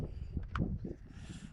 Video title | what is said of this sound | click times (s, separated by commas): Ruko U11 Mini4K Drone the Ultimate Test Lake Crash Survival? #ruko #drone | Push it in until they click. | 0.6 s